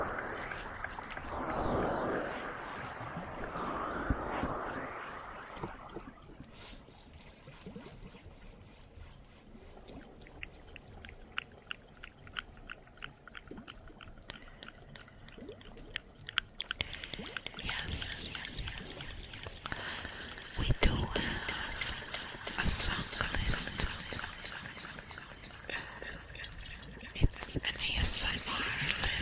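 Cave ambience with water and a fire. A soft, murky wash opens the clip, then thins to a sparse run of regular crackles and ticks around the middle. From about seventeen seconds a bright, rushing hiss of water swells in and carries on, with occasional pops.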